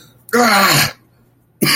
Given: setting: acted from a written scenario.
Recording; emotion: vocal sound without words; pain